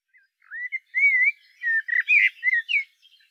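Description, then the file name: Common blackbird singing a run of mellow, fluted whistles with wavering pitch, ending in brighter, squeakier twittered notes. "Turdus merula"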